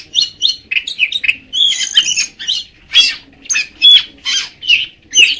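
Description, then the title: Magpie-robin song: a run of varied whistled and scratchy phrases in short bursts, with a faint low hum underneath. "Kacer"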